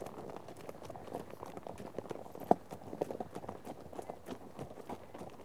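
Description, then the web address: Horse hoofbeats patter softly and unevenly, with one louder sharp knock near the middle. A herd of horses out on a trek. "BBC Sound Effects Library - Horses Herd of horses out on trek"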